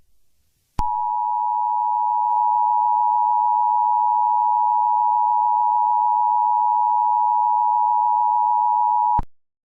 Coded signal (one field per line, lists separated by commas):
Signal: Emergency Alert System (SAME) tones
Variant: 853 and 960 Hz attention tone